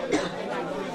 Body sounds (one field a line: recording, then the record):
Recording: coughing mixed with background sound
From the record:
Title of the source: female coughing - coughing sound effects girl